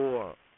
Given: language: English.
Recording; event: throat vibration sensor signal played as sound; speech